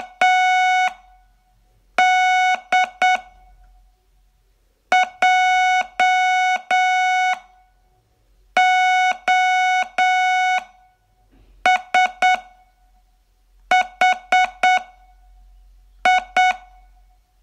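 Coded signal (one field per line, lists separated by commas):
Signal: Morse code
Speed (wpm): 8 wpm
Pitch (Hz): 740 Hz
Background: none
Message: TD JOSHI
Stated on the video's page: Morse training lesson, day 16 of a 42-day course.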